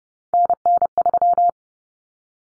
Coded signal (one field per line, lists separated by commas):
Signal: Morse code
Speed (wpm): 30 wpm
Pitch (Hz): 700 Hz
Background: none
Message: NN3